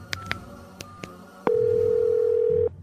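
telephone ringing

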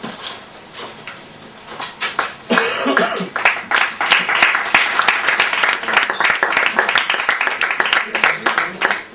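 audience applause

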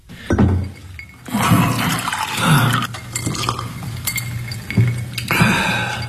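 water being poured

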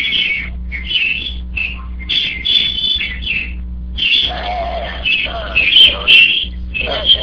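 loud chirping of sparrows

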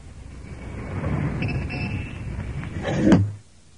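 window being opened

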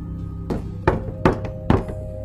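knocking on a door

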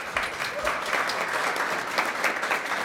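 audience applause

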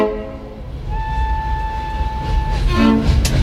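train at station

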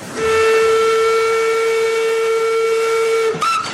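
steam locomotive whistle

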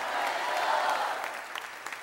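audience applause

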